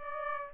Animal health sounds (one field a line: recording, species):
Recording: mosquito wingbeat signal from an infrared sensor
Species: Aedes aegypti